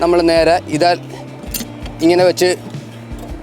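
The starting-system magnet for a racing snake boat is placed into position on a demonstration mount for the boat's stern. Someone talks over music and background noise, with a brief faint transient near 1.9 s. Nothing has seated or clicked yet; the magnet is handled but not yet home.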